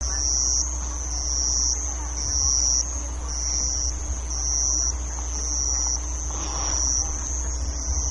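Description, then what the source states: Band-legged ground cricket song: a continuous high trill broken into pulses roughly once a second, with a steady low hum underneath. Recorded 18 June 2014.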